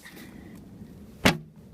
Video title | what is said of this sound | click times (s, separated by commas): Kia Soul 2012 Oxygen Sensor Replacement - Downstream O2 Sensor | screws so it's just gonna hopefully gonna snap right into place just line | 1.3 s